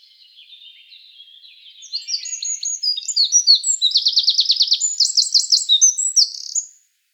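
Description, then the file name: Eurasian wren song rising from soft high twitters into a loud, fast jumble of sharp notes and a rattling trill before stopping abruptly. "Troglodytes troglodytes"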